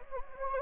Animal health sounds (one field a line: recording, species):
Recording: mosquito wingbeat signal from an infrared sensor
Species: Anopheles gambiae